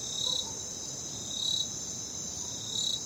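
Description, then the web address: Crickets calling in a continuous high, shimmering trill that swells gently about every one to one and a half seconds, with soft low background rumble. Crickets heard at night. "the sound pack tree. night crickets"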